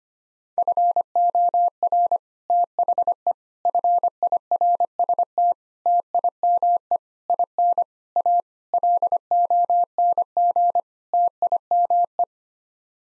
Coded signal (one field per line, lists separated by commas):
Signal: Morse code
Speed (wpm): 25 wpm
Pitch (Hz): 700 Hz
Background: none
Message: FOR THE FIRST TIME IN A LONG TIME